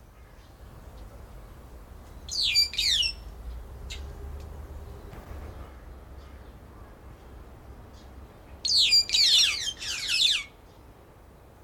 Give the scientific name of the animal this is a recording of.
Dinemellia dinemelli